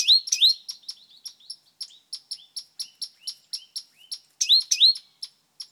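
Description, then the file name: Great tit calls: a rapid, busy run of high chirps and rising, upslurred notes, some overlapping, with a few louder bursts near the end. "Parus major"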